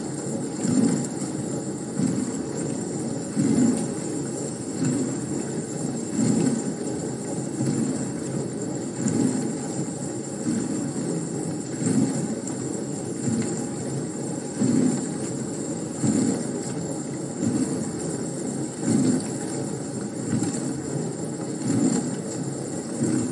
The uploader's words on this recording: ASMR Running my Dishwasher.